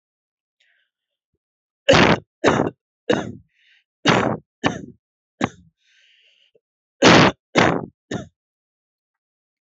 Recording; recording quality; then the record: heavy voluntary cough; excellent, no background noise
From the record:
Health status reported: healthy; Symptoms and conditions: none ticked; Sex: male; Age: 31 years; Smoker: not ticked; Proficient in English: yes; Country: India